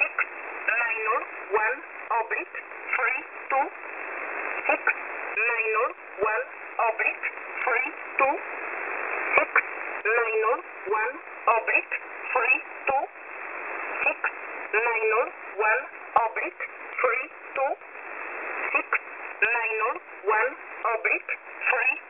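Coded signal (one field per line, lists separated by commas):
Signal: numbers station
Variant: E11a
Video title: E11a Message 06/03/2023 1045 UTC 10200kHz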